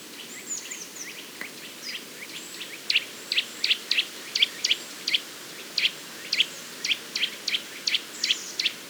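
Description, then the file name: Eurasian nuthatch calls: sharp, high, clipped notes repeated unevenly, sparse at first and then about every half second, over steady background hiss. "Sitta europaea"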